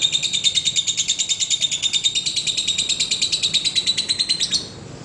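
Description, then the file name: Lovebird delivering a rapid string of sharp, high chirps, stopping abruptly near the end. "audio lovebird putri mentaya"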